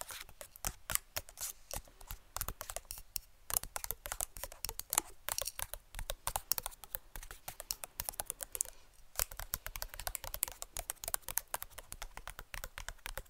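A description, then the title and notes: Rapid tapping with fingertips or nails, dense and crisp. The taps fall in quick irregular bursts that sound almost like typing, with a brief lull near the ninth second before the pace picks up again. ASMR Best Tapping For ULTIMATE Brain Tingles (No Talking).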